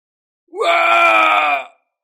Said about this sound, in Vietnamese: Hoàng Kim Vương hét to, vô cùng thê lương.